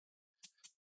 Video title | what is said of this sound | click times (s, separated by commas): How to Replace Samsung Galaxy A50 A30 SM-A505 Display - Screen Repair Guide | Nice big click sounds. | 0.4 s